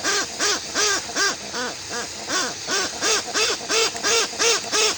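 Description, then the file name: Westland petrel giving loud, arched, braying notes in a steady rhythm of about three per second, each note rising and falling. "westland black petrel song"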